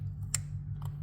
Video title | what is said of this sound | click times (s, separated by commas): Replacing Coils & Spark Plugs on a 4.0L Nissan Pathfinder (Step-by-Step + Torque Specs!) | Once you hear it click, you're good to go. | 0.3 s